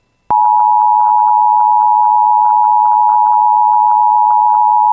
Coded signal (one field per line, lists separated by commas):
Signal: Emergency Alert System (SAME) tones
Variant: 853 and 960 Hz attention tone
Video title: [EAS] Second Severe Thunderstorm Warning for Clearwater, Beltrami, and Red Lake Nation (7/24/26)